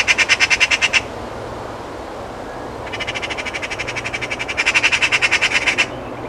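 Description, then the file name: Eurasian magpie chattering: a loud rapid rattle, a pause, then a long run of scratchy notes that swells louder toward its end. "Pica pica"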